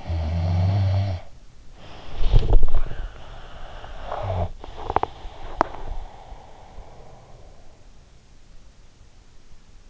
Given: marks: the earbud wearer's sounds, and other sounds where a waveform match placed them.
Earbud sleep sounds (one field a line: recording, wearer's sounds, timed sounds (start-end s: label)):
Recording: sounds in sleep by an in-ear microphone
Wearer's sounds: snoring breath, teeth grinding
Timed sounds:
0.00-2.55 s: snoring breath
2.72-7.87 s: snoring breath
4.76-5.87 s: teeth grinding